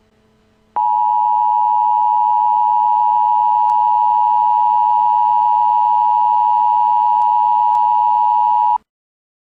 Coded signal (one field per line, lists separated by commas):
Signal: Emergency Alert System (SAME) tones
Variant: 853 and 960 Hz attention tone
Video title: EAS in Games - "Parasite Eve"